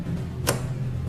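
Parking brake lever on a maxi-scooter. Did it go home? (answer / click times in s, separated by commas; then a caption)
released / 0.5 s. The hand-operated parking brake lever on a maxi-scooter is pressed and returns to its original position, giving a single sharp click at 0.5 s over a steady low background hum. The parking brake is released.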